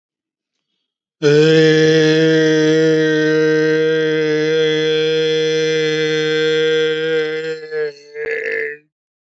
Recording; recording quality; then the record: sustained vowel as in made; excellent, no background noise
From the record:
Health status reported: healthy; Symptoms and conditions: diabetes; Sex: male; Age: 50 years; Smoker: yes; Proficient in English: yes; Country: India